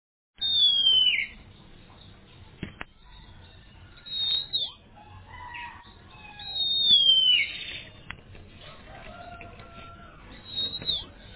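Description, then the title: Oriental magpie-robin song: separate loud phrases of sweet descending whistles and harsher notes, spaced by gaps of a few seconds, with a couple of sharp clicks. "suara kacer"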